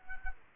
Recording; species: mosquito wingbeat signal from an infrared sensor; Culex quinquefasciatus